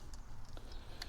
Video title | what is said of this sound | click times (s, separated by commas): Toyota Starter Kill V1.5 | You're going to hear a click. | 1.0 s